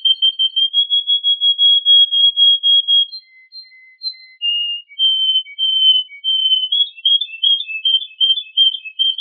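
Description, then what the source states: Canary song opening with a long run of rapid notes on one steady pitch, followed by a few lower soft notes and a quickening warbled trill. A combination of Yorkshire and Russian canary songs.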